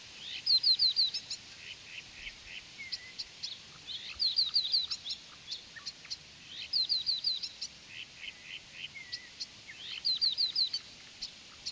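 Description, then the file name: Blyth's reed warbler song: short bursts of rapid high ticking notes alternating with lower chirps and slurred whistles, the phrases returning roughly every three seconds. "viitakerttunen"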